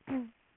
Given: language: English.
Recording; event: throat vibration sensor signal played as sound; throat clearing